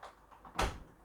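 The locking legs of a stacking computer case slice are dropped into their sockets in the slice below and twisted into place. A few small knocks come during the twist, then the loudest, deepest hit at 0.6 s as the slice locks in, seated.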